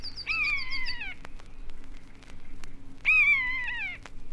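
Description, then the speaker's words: Common Buzzard calling twice, plaintive falling mews about three seconds apart. Gliding above tall trees, looking for rodents. "Une buse plane au-dessus des grands arbres et jette son cri plaintif."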